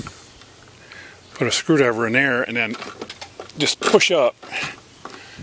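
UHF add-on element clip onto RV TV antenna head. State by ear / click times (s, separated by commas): seated / 5.1 s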